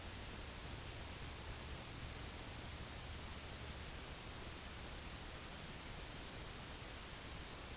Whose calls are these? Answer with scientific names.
none